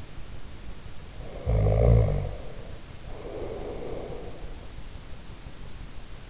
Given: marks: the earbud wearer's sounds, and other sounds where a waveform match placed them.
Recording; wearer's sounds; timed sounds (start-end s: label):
sounds in sleep by an in-ear microphone; snoring breath
1.26-4.60 s: snoring breath